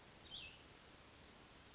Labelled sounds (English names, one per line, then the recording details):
Cassin's Vireo
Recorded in Sonoma County, California